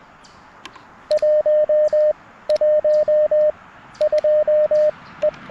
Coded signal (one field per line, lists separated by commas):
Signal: Morse code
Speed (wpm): 21 wpm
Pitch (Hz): 610 Hz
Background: radio noise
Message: 1 1 2 E